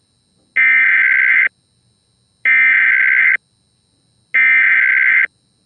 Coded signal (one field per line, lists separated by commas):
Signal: Emergency Alert System (SAME) tones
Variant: header bursts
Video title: EAS SCENARIO #2: Obliterated, Gone. (A SWS SCENARIO)